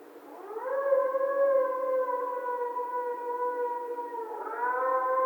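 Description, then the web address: Coyote howl, one long harmonic note that rises smoothly, holds steady with a slight downward drift for several seconds, then lifts again at the end. Recorded on 1 February 2010. "Coyote 2010 02 01 18 howl"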